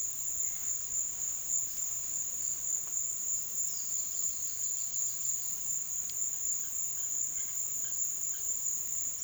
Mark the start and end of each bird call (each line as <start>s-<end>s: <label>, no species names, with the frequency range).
3.61s-5.57s: bird call (3.3-6.0 kHz)
7.11s-8.51s: bird call (0.8-3.8 kHz)